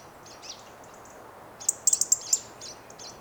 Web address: SETE data Erithacus rubecula 291003